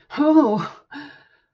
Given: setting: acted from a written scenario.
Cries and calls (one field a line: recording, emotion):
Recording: vocal sound without words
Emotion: relief